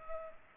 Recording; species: mosquito wingbeat signal from an infrared sensor; Culex pipiens